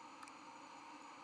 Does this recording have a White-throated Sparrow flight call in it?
no